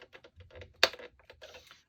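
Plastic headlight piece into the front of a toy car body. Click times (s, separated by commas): 0.8 s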